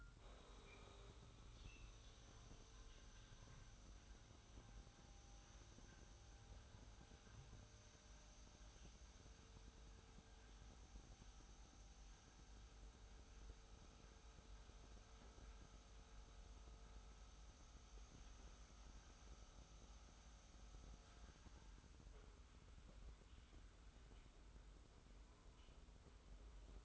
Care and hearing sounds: daily activity, microphone in the room; make coffee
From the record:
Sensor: 3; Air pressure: 990.7 hPa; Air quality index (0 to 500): 154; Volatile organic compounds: 587 ppm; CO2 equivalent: 4925 ppm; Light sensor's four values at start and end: 34/80/32/30 and 33/78/31/30

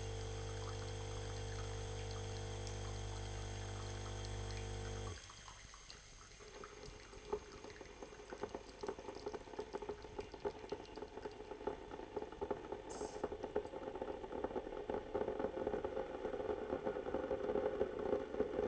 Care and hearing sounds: daily activity, microphone in the room; make coffee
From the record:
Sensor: 4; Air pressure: 1008.2 hPa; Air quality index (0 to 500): 117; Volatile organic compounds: 1 ppm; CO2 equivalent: 856 ppm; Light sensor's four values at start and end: 12/26/11/11 and 11/24/10/10

